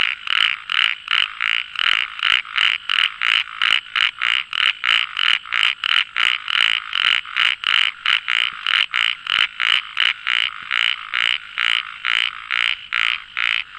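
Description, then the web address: Frog croaking in a long, rapid train of rasping, buzzy pulses, nearly three a second, steady throughout. "frog rec 130714"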